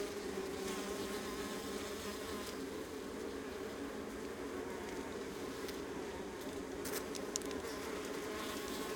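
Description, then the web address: A honey bee colony's steady massed buzzing, low and constant, dotted with a few sharp taps and faint crackles. Honey bee colony recorded close up on the Adriatic coast, northern Mediterranean. "Ivo Vicic - Northern Mediterranean soundscapes - Adriatic sea. Honey bee colony close"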